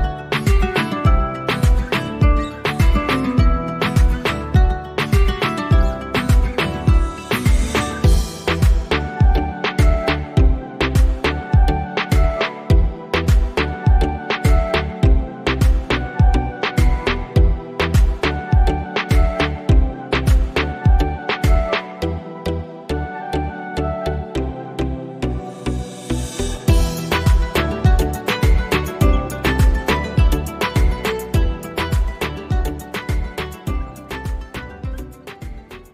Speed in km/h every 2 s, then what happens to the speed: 69, 69, 70, 70, 70, 71, 72, 73, 73, 73, 73, 74, 75, 73, 70, 66, 62, 54.
0-25 steady at about 72. 25-36 slows to 54.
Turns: none.